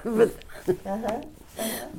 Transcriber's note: chuckles